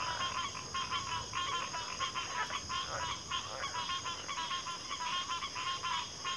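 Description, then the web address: Crickets in chorus: a steady high shimmering trill runs throughout beneath dense, overlapping bursts of pulsed calls. Cricket chorus in a backwater setting. "Sleep Sounds of Nature CRICKETS Backwater Chorus"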